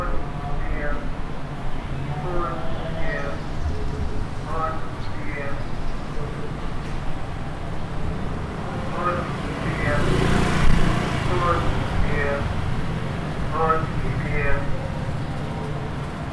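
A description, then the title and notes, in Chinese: Older locals sing karaoke outdoors while a vendor's cart repeatedly calls out its tapioca-ice pitch, a looping voice returning every second or two. A steady low rumble of traffic and street noise runs underneath, swelling with a passing vehicle around the tenth second. 耳裡傳來的是在地超齡少年與超齡少女們唱卡拉OK的歡唱聲,其中穿插著賣粉圓冰的攤車不斷的叫賣。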